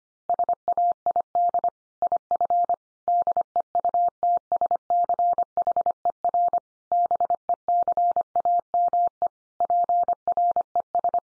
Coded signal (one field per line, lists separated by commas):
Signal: Morse code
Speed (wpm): 25 wpm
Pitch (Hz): 700 Hz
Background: none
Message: SAID IF DEUTSCHER BECAME PRES